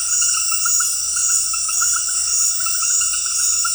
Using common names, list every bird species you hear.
none